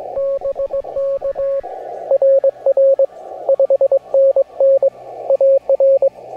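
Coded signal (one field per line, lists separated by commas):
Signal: Morse code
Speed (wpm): 18 wpm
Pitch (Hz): 550 Hz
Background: radio noise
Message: BK RR 5NN AR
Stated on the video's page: Gentle Morse tones with a deliberate, rhythmic cadence for relaxation.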